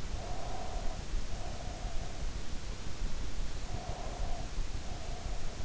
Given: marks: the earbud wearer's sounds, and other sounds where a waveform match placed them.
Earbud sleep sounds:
sounds in sleep by an in-ear microphone; breath
0.01-2.54 s: breath
3.54-5.55 s: breath

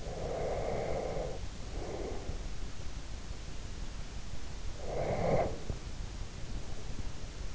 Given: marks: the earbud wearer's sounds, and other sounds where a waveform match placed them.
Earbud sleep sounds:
sounds in sleep by an in-ear microphone; breath
0.00-2.73 s: breath
4.76-7.08 s: breath

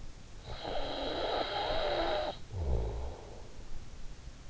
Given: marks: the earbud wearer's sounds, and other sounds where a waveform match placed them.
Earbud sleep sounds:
sounds in sleep by an in-ear microphone; snoring breath
0.01-4.10 s: snoring breath

